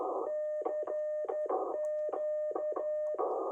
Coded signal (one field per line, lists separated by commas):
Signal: Morse code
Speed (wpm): 11 wpm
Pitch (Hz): 610 Hz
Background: radio noise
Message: CQ